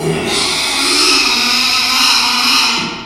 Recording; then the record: squeal of a Yucatan mini pig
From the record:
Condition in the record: after surgery on the right vocal fold (resection and tissue-engineered implant); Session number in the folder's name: 2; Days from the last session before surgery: 13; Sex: male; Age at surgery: 12 weeks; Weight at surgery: 13 kg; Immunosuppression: cyclosporine, prednisolone